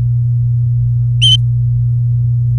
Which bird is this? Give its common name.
Domestic Canary